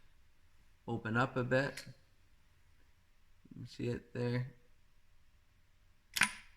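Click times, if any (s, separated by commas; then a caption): 6.2 s. A ring-type part is slid onto a front fork damper rod or tube of a Yamaha 1700 Silverado motorcycle during fork reassembly. It opens up as it slides on, then seats in its groove with a sharp click at 6.2 s. Someone talks beforehand.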